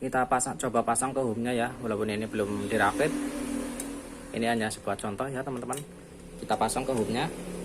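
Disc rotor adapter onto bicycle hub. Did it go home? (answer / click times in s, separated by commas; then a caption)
no / none. A homemade steel disc-rotor adapter, cut from a single bicycle sprocket, is handled and brought toward the bicycle hub for a test fit while someone talks. A brief sharp sound occurs at 3.8 s. The clip ends before the adapter goes home, so nothing has seated yet.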